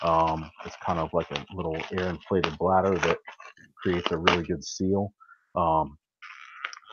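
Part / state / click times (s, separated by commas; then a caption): one-way valve fitted onto a CPR pocket mask / seated / 6.7 s. A plastic part, likely the one-way valve, is fitted onto a CPR pocket mask while someone talks. A sharp, short click at 6.6 s marks the valve popping into place, seated on the mask.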